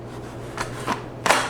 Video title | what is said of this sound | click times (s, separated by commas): Intrepid 4X5 MK IV Large Format Film Camera Manual, Tips, and Techniques | Slide the film holder in until it clicks. | 1.3 s